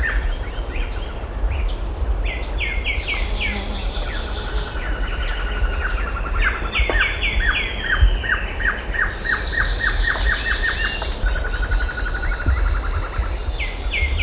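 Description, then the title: Glossy antshrike song, repeated runs of short hard notes among a dense chorus of other twittering birds, with a persistent low hum beneath. Nominate subspecies luctuosus. "LuckyPassaro Completos2Sama. Glossy Antshrike"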